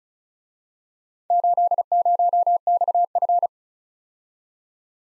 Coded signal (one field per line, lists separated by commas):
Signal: Morse code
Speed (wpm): 33 wpm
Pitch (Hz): 700 Hz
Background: none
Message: 80XF